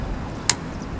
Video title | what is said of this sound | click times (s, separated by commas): Sceal Eile | sure you hear the click sound otherwise it's not connected properly and water will dribble out okay | 0.5 s